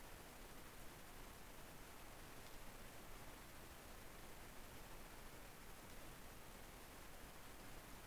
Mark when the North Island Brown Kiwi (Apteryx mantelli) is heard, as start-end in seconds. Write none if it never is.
none